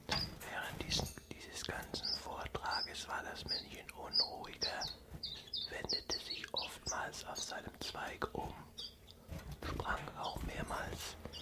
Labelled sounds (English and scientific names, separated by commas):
Common Chiffchaff (Phylloscopus collybita)